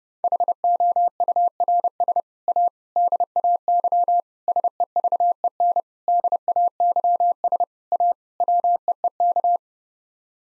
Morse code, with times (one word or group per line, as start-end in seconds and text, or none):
0.2-2.2 HOURS
2.5-2.7 A
3.0-4.2 DAY
4.5-5.8 SEVEN
6.1-7.6 DAYS
7.9-8.1 A
8.4-9.6 WEEK